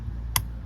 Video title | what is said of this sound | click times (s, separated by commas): Audi TTS 8S (MK3) - Headlight Control Unit Replacement - How To Guide. | Nice and easy. You can hear a click. Happy days. | 0.4 s